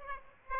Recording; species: mosquito wingbeat signal from an infrared sensor; Aedes aegypti